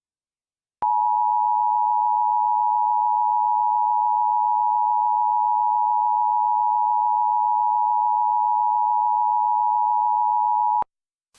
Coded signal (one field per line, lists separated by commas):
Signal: Emergency Alert System (SAME) tones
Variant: 853 and 960 Hz attention tone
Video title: #SharkWeek EAS Scenario: Deep Blue